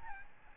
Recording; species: mosquito wingbeat signal from an infrared sensor; Aedes albopictus